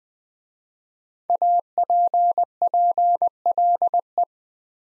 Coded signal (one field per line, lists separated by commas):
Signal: Morse code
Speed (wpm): 20 wpm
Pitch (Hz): 700 Hz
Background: none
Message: APPLE